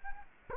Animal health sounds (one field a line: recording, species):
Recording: mosquito wingbeat signal from an infrared sensor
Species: Culex quinquefasciatus